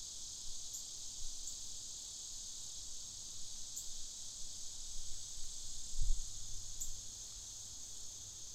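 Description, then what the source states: Cicadas in a continuous high, hissing buzz that holds steady throughout, with faint brief chirps above and a low rumble and thud in the background. Cicadas recorded in the afternoon.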